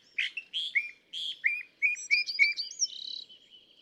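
California thrasher song of quick whistled slurs and chips, finishing with a short buzzy trill.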